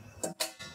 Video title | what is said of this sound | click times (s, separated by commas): How to install Bird feeders on your deck | take our small one over here for small dogs lock it like that | 0.2 s, 0.4 s